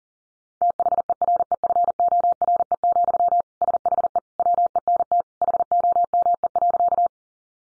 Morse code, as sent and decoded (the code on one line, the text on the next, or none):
- .... . .-. . ..-. --- .-. . --..-- / ... .... . / .-- . -. - / .... --- -- . .-.-.-
THEREFORE, SHE WENT HOME.